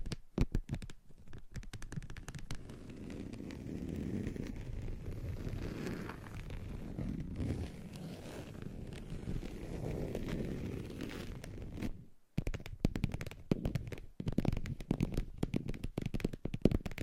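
Tapping and scratching: quick, irregular clicks at the start give way to a long stretch of dense, low scraping and rubbing from about 1 to 12 seconds. After a brief silence near 12 seconds, sharper, sparser taps and knocks return through the end.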